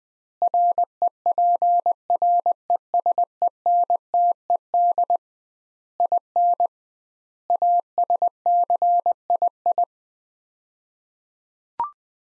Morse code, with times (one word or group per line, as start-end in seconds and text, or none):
0.4-5.2 REPRESENTED
6.0-6.7 IN
7.5-9.8 ASCII